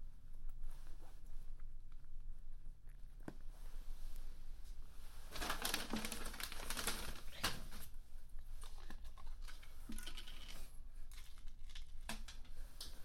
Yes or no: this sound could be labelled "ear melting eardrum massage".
no